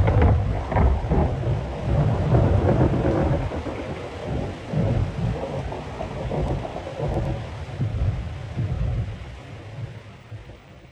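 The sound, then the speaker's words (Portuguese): A thunderstorm with steady rain and deep, rolling thunder rumbling through the low end, loudest in the first few seconds before easing into a continuous wash of rainfall with no voices. “Triste agonia, caiu a quarta chuva.”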